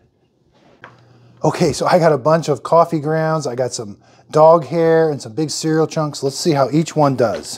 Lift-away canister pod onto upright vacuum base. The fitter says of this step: use the wand when you're done you're simply going to take it over here put on there till it snaps on